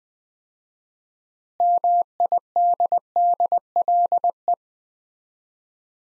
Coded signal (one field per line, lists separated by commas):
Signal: Morse code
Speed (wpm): 20 wpm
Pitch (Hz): 700 Hz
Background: none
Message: MIDDLE